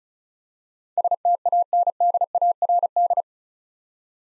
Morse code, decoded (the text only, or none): STANDARD